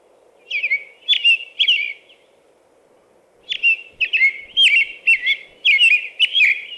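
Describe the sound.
American robin song: clear whistled caroling phrases in short bursts, a pause, then a longer run of rising and falling notes, over a faint low background hum.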